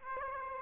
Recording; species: mosquito wingbeat signal from an infrared sensor; Aedes aegypti